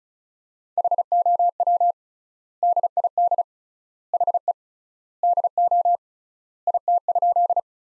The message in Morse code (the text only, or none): HOW DID HE DO IT?